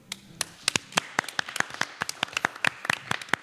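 An audience applauds a couple celebrating 23 months together, with a scattered patter of sharp, crisp hand claps in an uneven rhythm, steady throughout and with no voices over it.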